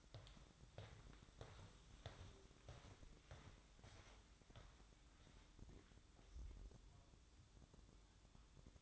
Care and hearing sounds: daily activity, microphone in the room; walk to room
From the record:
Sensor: 3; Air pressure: 1008.2 hPa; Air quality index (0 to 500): 131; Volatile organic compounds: 2 ppm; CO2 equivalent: 1083 ppm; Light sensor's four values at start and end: 10/24/9/9 and 10/24/10/9

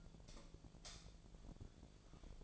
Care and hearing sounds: daily activity, microphone in the room; light off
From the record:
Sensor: 5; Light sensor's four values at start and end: 172/436/182/195 and 171/433/181/194

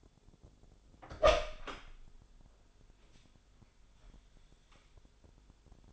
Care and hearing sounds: daily activity, microphone in the room; open door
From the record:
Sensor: 5

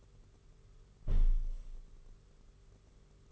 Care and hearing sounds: daily activity, microphone in the room; close window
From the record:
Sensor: 4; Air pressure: 991.1 hPa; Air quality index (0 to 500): 154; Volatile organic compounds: 107 ppm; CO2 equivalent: 3797 ppm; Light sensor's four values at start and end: 6/15/6/6 and 6/14/5/6

